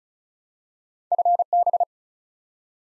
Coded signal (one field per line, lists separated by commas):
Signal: Morse code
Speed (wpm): 36 wpm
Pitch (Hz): 700 Hz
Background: none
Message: FB